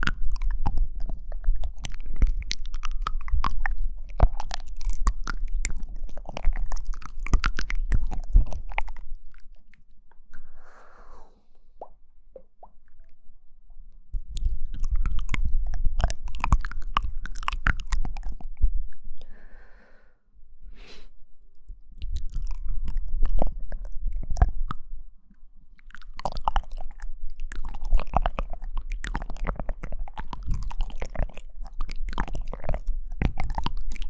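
Wet mouth sounds of chewing, clicks and smacks come in dense bursts, broken by quieter pauses near 10, 20 and 25 seconds.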